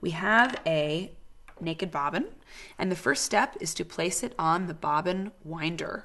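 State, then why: Not seated. An empty plastic bobbin is being handled for placement onto a sewing machine's bobbin winder spindle while someone talks throughout. Nothing has seated or clicked yet.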